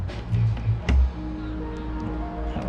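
A drive is slid into a computer case again after a missed try, and its tab latches into the case mount with a sharp click at 0.9 s while music plays in the background. The drive is seated.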